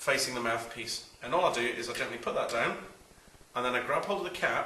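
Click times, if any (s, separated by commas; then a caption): none. A numbered trumpet piston valve is gently lowered into the first hole of the valve casing, with its number facing the mouthpiece, and then its cap is grabbed to be twisted. Someone talks throughout over faint handling noise. Nothing has seated or clicked yet; the valve guide has not locked into place.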